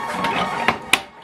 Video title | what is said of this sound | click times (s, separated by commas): HOW TO LOAD PAPER TRAY & CHANGE INK CARTRIDGES FOR HP DESKJET 2721 | you will hear a click sound to show you | 0.9 s